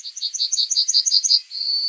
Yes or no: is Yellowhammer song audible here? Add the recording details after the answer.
yes. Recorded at under 5 m from the bird. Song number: 138